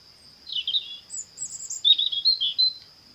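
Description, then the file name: European robin song: a quick run of high, thin, varied warbled notes and trills, over a steady high whine. "Erithacus rubecula"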